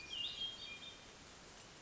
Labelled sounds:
Hermit Thrush

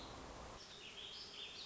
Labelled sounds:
Warbling Vireo

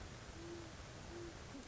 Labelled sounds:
Great Horned Owl

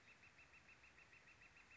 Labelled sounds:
Northern Flicker

